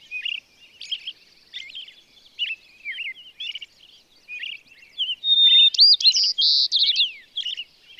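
Bird song of varied high twittering phrases, warbled notes and brief whistles, building to a louder burst of sweet trills and clear whistled notes near the end.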